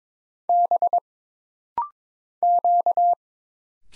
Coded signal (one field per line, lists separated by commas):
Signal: Morse code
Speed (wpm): 22 wpm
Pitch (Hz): 700 Hz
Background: none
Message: B Q